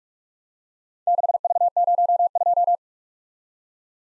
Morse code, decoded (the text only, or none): 6V02